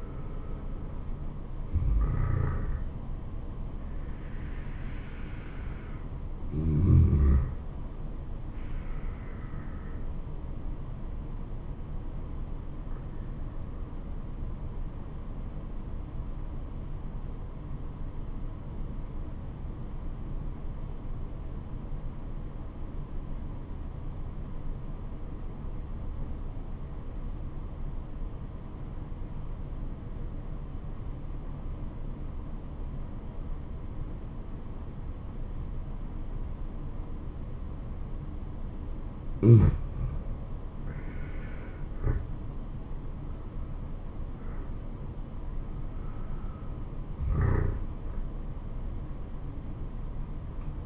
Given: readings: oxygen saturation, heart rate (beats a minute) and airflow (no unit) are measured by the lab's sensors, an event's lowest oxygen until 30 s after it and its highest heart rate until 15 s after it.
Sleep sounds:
breathing in sleep by a smartphone at the bedside; 1
14.00-42.30 s: obstructive apnea (N2, oxygen 97% highest, then 83% lowest, heart rate 76 at the start, 77 highest)
From the record:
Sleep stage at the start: N2 (light sleep); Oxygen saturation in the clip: 84 to 97%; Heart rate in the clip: 59 to 77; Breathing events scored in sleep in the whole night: 426 in 7.4 hours asleep

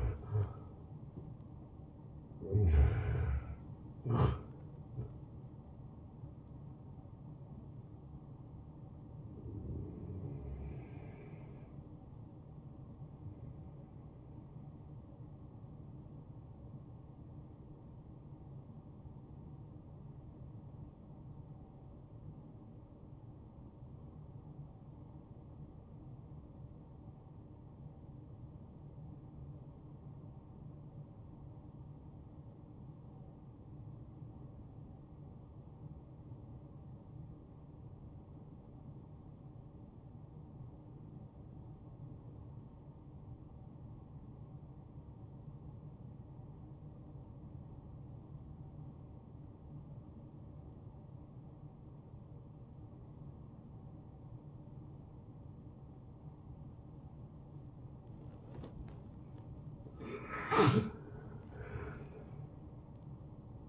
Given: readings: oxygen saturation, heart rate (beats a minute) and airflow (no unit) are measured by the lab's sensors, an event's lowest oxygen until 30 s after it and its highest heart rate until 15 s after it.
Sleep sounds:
breathing in sleep by a smartphone at the bedside; 1
3.00-63.69 s: new sleep stage, N1 (lightest sleep)
22.00-58.20 s: obstructive apnea (N1, oxygen 97% highest, then 85% lowest)
From the record:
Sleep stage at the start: N2 (light sleep); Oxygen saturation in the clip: 83 to 97%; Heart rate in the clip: 52 to 83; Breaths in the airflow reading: 6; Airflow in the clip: -11.1 to 8.2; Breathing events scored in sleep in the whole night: 263 in 5.5 hours asleep

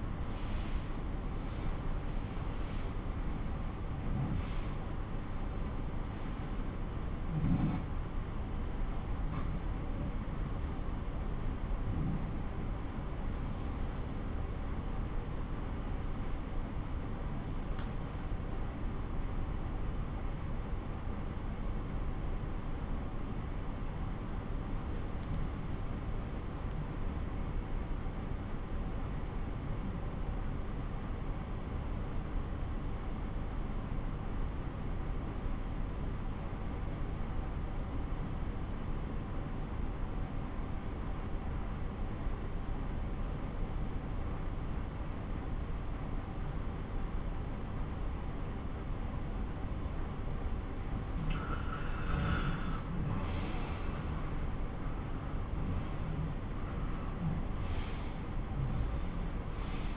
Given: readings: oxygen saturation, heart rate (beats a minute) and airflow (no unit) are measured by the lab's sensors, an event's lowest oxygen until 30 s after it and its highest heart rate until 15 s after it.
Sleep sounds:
breathing in sleep by a smartphone at the bedside; 1
16.00-50.10 s: obstructive apnea (N1, oxygen 97% highest, then 89% lowest)
26.00-59.97 s: new sleep stage, N2 (light sleep)
From the record:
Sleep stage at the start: N1 (lightest sleep); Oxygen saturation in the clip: 89 to 97%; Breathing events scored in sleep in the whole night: 217 in 6.3 hours asleep

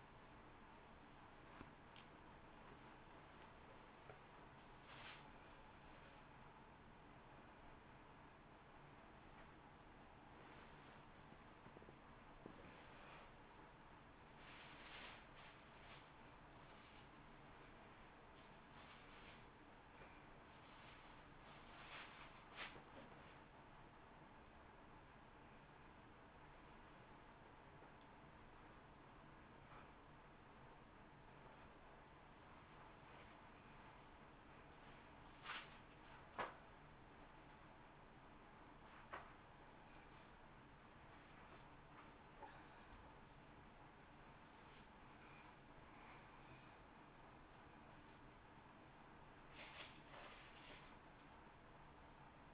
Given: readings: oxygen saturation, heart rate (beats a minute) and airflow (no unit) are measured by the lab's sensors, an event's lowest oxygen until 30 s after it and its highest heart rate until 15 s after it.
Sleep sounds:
a person awake in a sleep study, by a voice recorder at the bedside; none
0.00-52.54 s: awake
From the record:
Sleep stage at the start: awake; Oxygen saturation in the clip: 89 to 94%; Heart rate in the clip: 40 to 78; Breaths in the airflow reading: 8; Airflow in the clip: -10.2 to 4.8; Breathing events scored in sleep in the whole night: 328 in 6.3 hours asleep

